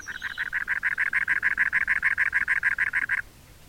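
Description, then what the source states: Cactus Wren giving a harsh, grating chatter of many rapid, even notes, held for just over three seconds before stopping. Large wren of dry desert habitats from West Texas to California; nests in thorny trees or cholla cactus.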